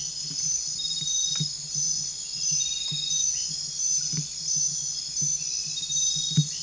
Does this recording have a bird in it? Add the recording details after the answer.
no. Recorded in dense forest near Puerto Asís, Putumayo, Colombia, on 21 December 2024 at 22:30. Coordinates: 0.484, -76.317. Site G026